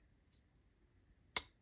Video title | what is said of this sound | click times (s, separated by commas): Knife Rambles - Support Each Other! | it sucks it in with a nice click I mean I'll try to fail it nope | 1.4 s